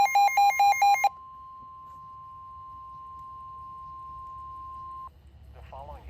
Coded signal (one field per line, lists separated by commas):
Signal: Emergency Alert System (SAME) tones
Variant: 1050 Hz attention tone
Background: speech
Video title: EAS Special Marine Warning on NOAA Radio at OUTSIDE (9/25/2022) EAS #190